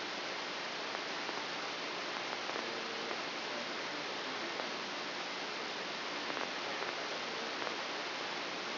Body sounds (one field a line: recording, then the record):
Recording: brain microelectrode recording played as sound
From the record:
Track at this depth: inside the subthalamic nucleus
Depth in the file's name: 5.705 mm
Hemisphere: left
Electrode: 2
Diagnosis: Parkinson's disease